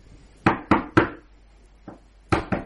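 Heavy pounding on a door: a quick burst of three loud knocks, a single softer thump, then two more hard blows. Each hit is sharp and booming, with no voices.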